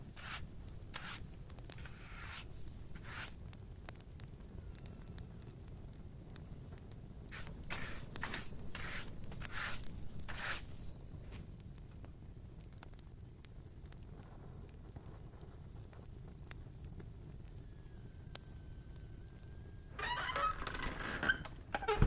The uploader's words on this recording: Quiet tavern asmr ambience. It's pretty quiet tonight. Fire crackles gently from fireplace at the corner of the room.